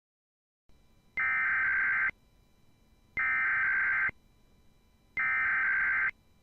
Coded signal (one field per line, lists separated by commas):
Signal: Emergency Alert System (SAME) tones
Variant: header bursts